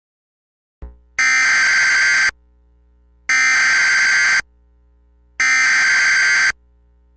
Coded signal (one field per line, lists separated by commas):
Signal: Emergency Alert System (SAME) tones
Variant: header bursts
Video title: EAS Bulletins Nick Jr (April 18 2017)